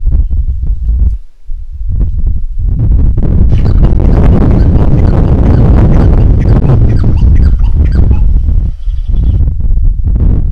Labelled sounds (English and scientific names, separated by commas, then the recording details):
Black-billed Barbet (Lybius guifsobalito)
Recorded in northern Uganda